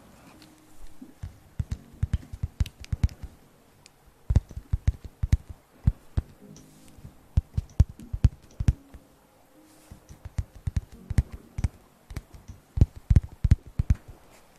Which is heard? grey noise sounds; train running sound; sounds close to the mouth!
sounds close to the mouth!